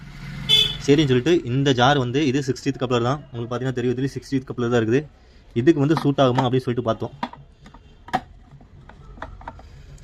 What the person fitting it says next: lock ஆகலைங்க